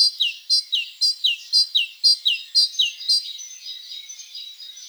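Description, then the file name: Great tit calls: a fast series of bright, downslurred notes, about two per second, fading into softer calling near the end. "Parus major"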